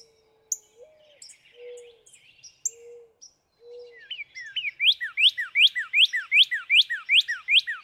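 Northern cardinal song, a long run of evenly repeated down-slurred whistles, each falling steeply, following several soft low whistles and scattered high chips.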